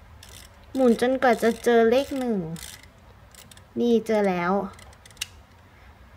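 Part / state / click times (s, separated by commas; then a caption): film advance wheel locking at the first frame of a 110 film cartridge in a camera / seated / 5.2 s. A person winds the film advance wheel on a small plastic Holga Micro 110 film camera while watching the frame counter window, and someone talks. Faint ratcheting ticks follow, and when the counter reaches frame 1 the wheel stops with a sharp click at 5.2 s, locking at the first frame of the 110 film cartridge.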